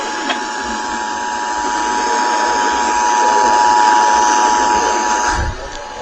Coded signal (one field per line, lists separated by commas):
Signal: Emergency Alert System (SAME) tones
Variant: 853 and 960 Hz attention tone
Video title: SUDDEN MARCH MADNESS... EAS Alerts from 3/17/25 (EAS #550- 566)